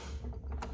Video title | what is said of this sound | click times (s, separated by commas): ecoprintQ - Pay Stations Removal, Cleaning, and Reinstallation | and then down until the clicks | 0.6 s